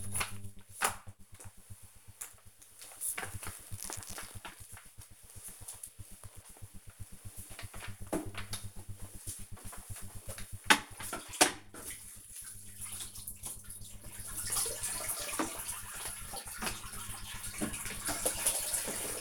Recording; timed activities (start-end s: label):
household activities, microphone on the right wrist
0.83-19.21 s: floor cleaning